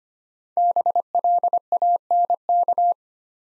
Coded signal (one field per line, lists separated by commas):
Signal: Morse code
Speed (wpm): 25 wpm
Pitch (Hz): 700 Hz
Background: none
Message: BLANK